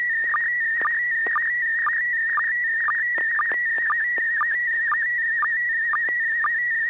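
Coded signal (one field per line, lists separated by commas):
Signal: SSTV (slow-scan television)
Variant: PD120 mode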